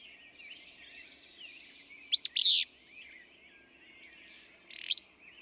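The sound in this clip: Willow flycatcher singing a quick, rough two-part phrase, then a fainter one, over continuous chattering of other birds.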